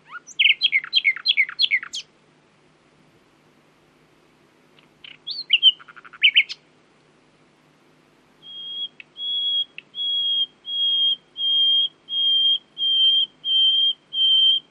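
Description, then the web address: Common nightingale song: quick repeated downslurred notes, a brief chattering phrase, then a series of pure, steady whistled notes. "owen Common Nightingale (Luscinia megarhynchos)"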